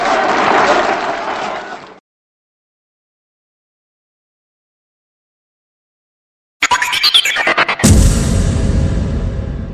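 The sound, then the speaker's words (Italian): A burst of applause that cuts off into about four seconds of silence, then rhythmic clapping resumes and swells into loud, sustained applause with crowd noise. “92 minuti di applausi!”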